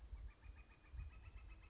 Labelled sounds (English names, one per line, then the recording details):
Northern Flicker
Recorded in Sonoma County, California